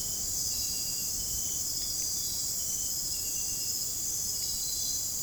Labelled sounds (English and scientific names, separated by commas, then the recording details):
none
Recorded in dense forest near Puerto Asís, Putumayo, Colombia, on 29 June 2025 at 00:30
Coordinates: 0.503, -76.323
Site G059